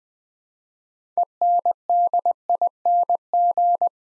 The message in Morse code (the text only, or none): ENDING